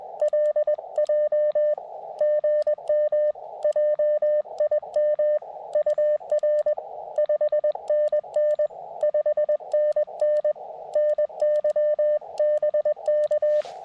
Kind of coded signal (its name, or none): Morse code